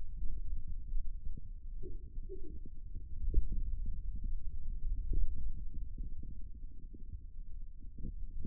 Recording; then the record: forearm muscle sounds (acoustic myography)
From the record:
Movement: finger pinch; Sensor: system 2, bracelet of six BSWA MPA416 microphones around the upper forearm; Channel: 3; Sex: male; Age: 22 years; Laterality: right